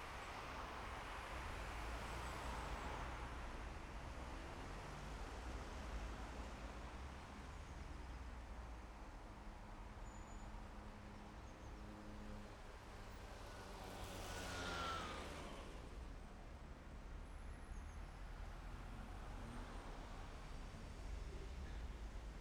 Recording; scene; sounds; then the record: everyday scene through a hearing-aid microphone; in traffic; traffic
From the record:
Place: main city hub, rush hour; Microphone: behind the ear, left, front